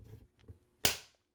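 A torque-limiting knob on a red dot sight mount is tightened onto a rifle's receiver rail, with quiet handling sounds before a single sharp click at 0.8 seconds. This is the first of the two clicks needed for correct torque, so the mount is only partly tightened.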